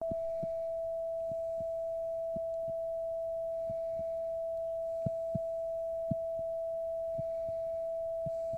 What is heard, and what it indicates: Tinnitus Sound.